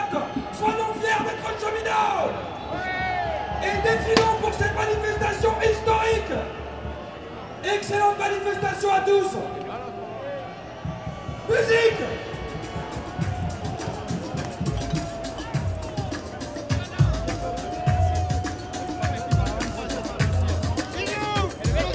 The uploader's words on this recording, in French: Ambiance dans la manifestation du 22 mars à Paris by Radio Parleur.